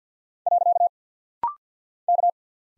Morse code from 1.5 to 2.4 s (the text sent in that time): K